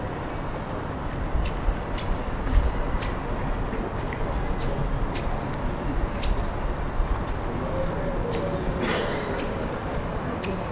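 A high street waking up in the early morning as a market is set up. A steady low rumble fills the scene, with scattered clicks and knocks every second or so, likely footsteps and setup noises. Near nine seconds a brief hiss or scrape cuts through.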